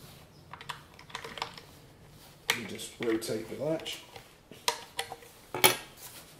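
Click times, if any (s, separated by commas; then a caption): 4.7 s. A part of a Sauer 404 Synchro XTC rifle is rotated to the right into its locking position on the action, with light handling clicks and someone talking. At 4.7 s a loud metallic clack is heard as the part seats and locks in solid.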